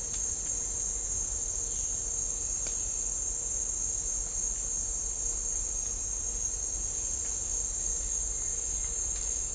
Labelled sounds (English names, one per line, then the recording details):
none
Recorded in dense forest near Puerto Asís, Putumayo, Colombia, on 20 December 2024 at 08:30
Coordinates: 0.499, -76.324
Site G045